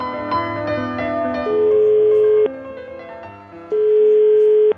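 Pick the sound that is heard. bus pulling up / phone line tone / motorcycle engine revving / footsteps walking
phone line tone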